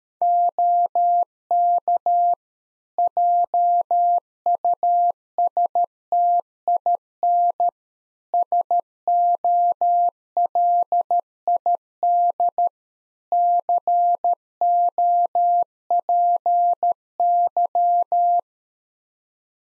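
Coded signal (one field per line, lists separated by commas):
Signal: Morse code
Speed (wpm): 13 wpm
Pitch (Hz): 700 Hz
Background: none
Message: OK JUSTIN SOLID COPY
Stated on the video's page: Morse practice QSO at 13 wpm, head-copy drill of the more-information segment: ham FER, age, occupation.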